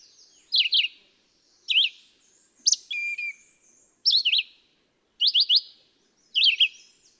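Red-eyed vireo delivering six short, high, slurred phrases separated by short pauses, each phrase slightly different.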